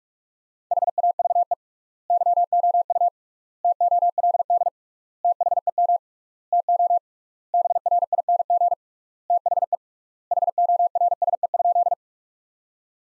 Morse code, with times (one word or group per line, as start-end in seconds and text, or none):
0.7-1.5 HAVE
2.1-3.1 YOU
3.6-4.7 TOLD
5.2-6.0 THEM
6.5-7.0 TO
7.5-8.7 BRING
9.3-9.8 THE
10.3-11.9 HORSE?